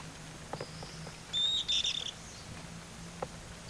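Bird call: a high, level whistle broken into two short pieces, set over faint clicks and a steady low hum.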